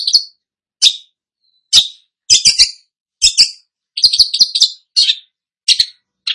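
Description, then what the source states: Long-tailed shrike song of short, harsh, buzzy chattering bursts, some in quick doubled or tripled groups, separated by brief silent gaps. Described as gacor, singing vigorously and often.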